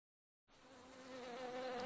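Bee buzz, a steady droning hum that starts after a brief silence and grows slightly louder over about a second and a half.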